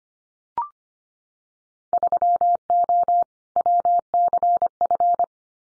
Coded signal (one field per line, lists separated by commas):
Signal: Morse code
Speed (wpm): 25 wpm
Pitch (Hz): 700 Hz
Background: none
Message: 3O WCF